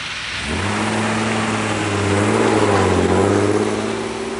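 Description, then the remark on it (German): An old box van's engine is started, turning over at about half a second, then settles into a steady low, rattling drone that swells slightly as it revs and drives away, with no voices. “schwingt sich in den bekannten alten Kastenwagen, lässt den Motor an und rattert davon.”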